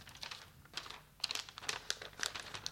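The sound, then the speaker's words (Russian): Paper crinkles and rustles in quick, irregular bursts as a packet from division headquarters is handled and torn open, a dry crackling with no voices over it. “Пожалуйста, вот пакет из штаба дивизии.”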